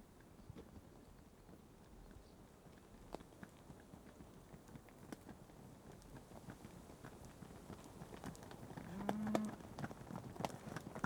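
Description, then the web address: Cattle hooves clattering on a hard road in a steady, uneven patter, with one short low moo near the end. Cattle passing on a tarmac road. "BBC Sound Effects Library. Cattle Passing On Tarmac"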